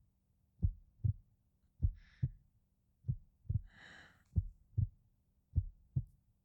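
An adult woman's heartbeat heard up close: slow, steady paired lub-dub thumps, deep and soft, at about 48 beats a minute over five beats. Brief airy rustles, like a breath or fabric, sound twice between beats.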